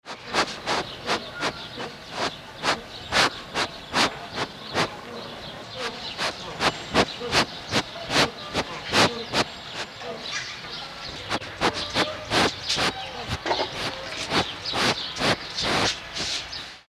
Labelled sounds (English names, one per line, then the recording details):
Southern Two-toed Sloth
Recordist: Tembrock, Günter
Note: Schnüffeln und Knurrlaut